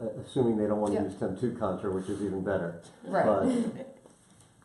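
A makeup product pod is pushed onto an airbrush but fails to click in and does not lock into place, needing to be pushed on hard. People talk through most of the clip, followed by a few faint, short sounds near the end at about 4.1, 4.4 and 4.7 seconds. Nothing has seated or clicked yet.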